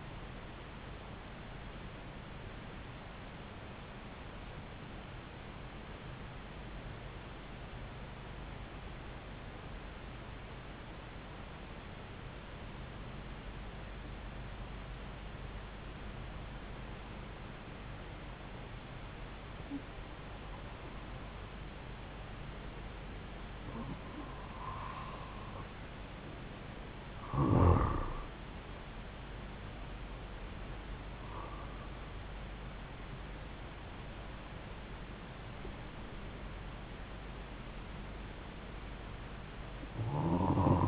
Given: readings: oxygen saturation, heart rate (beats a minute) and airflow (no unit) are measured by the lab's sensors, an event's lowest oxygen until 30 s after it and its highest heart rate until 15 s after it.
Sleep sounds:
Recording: breathing in sleep by a voice recorder at the bedside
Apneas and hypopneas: 1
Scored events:
3.00-30.30 s: hypopnea (N2, oxygen 96% highest, then 92% lowest)
26.00-40.88 s: new sleep stage, N1 (lightest sleep)
From the record:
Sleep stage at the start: N2 (light sleep)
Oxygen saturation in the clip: 92 to 96%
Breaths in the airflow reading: 10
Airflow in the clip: -4.9 to 8.2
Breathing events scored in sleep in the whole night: 270 in 6.1 hours asleep

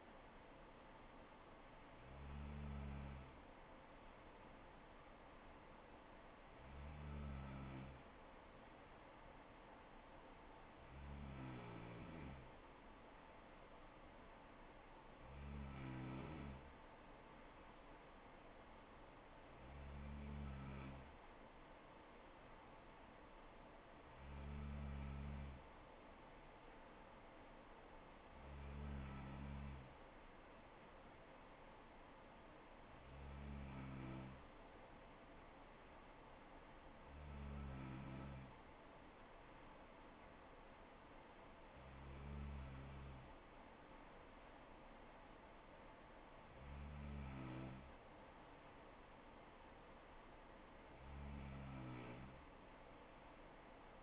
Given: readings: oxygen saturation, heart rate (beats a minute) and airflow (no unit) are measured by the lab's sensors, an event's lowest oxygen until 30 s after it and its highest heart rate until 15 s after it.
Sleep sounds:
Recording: breathing in sleep by a voice recorder at the bedside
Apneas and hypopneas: none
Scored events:
none scored
From the record:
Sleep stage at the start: N3 (deep sleep)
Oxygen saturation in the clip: 95%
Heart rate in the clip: 64 to 70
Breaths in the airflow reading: 12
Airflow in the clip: -3.9 to 3.2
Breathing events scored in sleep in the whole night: 79 in 6.3 hours asleep

